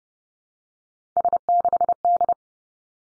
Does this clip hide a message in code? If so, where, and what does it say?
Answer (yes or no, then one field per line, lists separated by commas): yes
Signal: Morse code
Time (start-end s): 1.2-2.3 s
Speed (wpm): 30 wpm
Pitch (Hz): 700 Hz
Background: none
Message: S6D